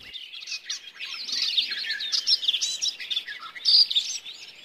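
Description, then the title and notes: Garden Warbler song, a rapid, rich warble of mixed sweet and scratchy notes running continuously without pause. Song fast-paced and flute-like. "Lehtokerttu. Risto Nevanlinna"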